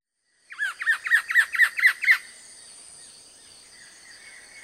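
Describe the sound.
Buff-breasted paradise kingfisher calling a rapid run of seven sharp, hooked notes, each curving down then up, ending abruptly before quiet background hiss.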